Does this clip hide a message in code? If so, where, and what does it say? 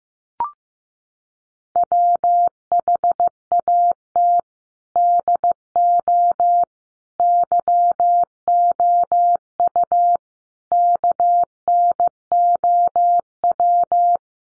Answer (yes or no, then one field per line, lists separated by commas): yes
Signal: Morse code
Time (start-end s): 1.8-14.2 s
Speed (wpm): 15 wpm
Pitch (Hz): 700 Hz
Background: none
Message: WHAT DO YOU KNOW